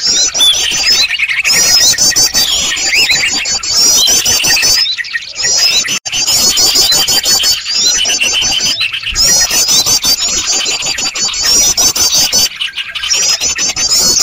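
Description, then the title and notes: Bird chorus, many overlapping high-pitched chirps, squeaks and trills forming a constant racket, with occasional brief lulls. Noisy, crowded bird sounds used as a lure to attract birds. "Master Burung Ribut. Burung Ribut Pikat"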